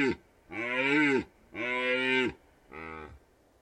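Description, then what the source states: Red deer stag roaring: the tail of one call, then two long, harmonic bellows with a short gap between them, then a shorter, fainter third. Stags rutting in the Carpathian Mountains, Bucovina, Romania.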